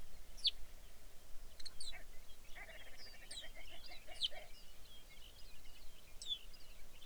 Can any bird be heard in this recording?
yes